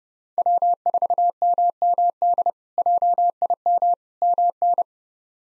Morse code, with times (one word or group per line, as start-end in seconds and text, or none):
0.4-2.5 W4MMD
2.8-3.9 JIM
4.2-4.8 MN